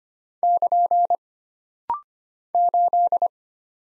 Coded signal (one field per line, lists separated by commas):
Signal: Morse code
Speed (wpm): 25 wpm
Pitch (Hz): 700 Hz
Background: none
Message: <KN> 8